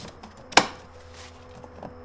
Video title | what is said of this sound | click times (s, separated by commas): Oil Change on Porsche 981 Cayman S - at Home | that locks in place and then I'm just gonna take this little cover and just gonna pop that right back on top | 0.6 s